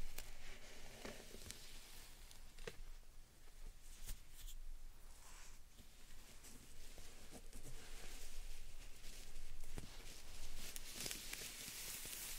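Slime sand being squeezed and pressed, with a steady, dense stream of fine crackles and soft squishy pops. Short, sharper clicks break through every second or so, and the hissy, grainy texture stays bright and even at a constant level throughout.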